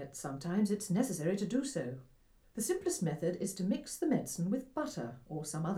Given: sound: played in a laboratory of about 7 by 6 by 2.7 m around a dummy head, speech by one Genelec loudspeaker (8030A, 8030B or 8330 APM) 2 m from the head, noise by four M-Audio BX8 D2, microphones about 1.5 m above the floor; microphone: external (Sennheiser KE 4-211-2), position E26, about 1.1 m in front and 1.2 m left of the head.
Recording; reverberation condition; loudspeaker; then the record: female speech in English; low; in front (0 degrees)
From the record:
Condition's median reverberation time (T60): about 310 ms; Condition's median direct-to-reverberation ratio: about 3.5 dB